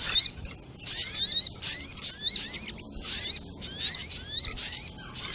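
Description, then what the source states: Little Spiderhunter delivering piercing, rapidly sliding whistles in several short bursts with brief silent gaps between. Training recording (masteran), Labaik style.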